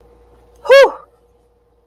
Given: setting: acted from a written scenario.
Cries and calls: vocal sound without words; triumph

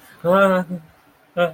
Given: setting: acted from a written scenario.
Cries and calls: vocal sound without words; awe

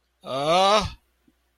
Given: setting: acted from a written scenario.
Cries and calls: vocal sound without words; distress

